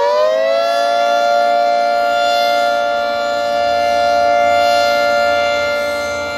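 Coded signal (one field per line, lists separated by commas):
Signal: siren signal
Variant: Federal Signal 3T22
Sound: outdoor siren winds up to a steady, harsh multi-tone chord that swells and fades slowly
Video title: Federal Signal 3T22 Weekly Pager/Siren Test - Attack - Middle Island, NY 8/2/2026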